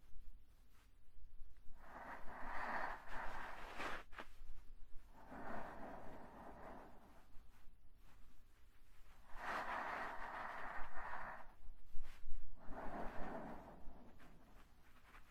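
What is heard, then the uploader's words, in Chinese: Slow breathing, with four airy, hissing breaths of about two seconds each, spaced by short quiet pauses. The breaths are soft and even, some slightly stronger than others. A faint low hum runs underneath, with small clicks around four and eight seconds. 呼吸音。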